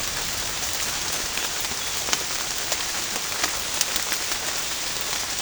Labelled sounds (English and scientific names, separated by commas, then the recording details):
none
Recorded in dense forest near Puerto Asís, Putumayo, Colombia, on 27 June 2025 at 06:00
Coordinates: 0.481, -76.323
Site G072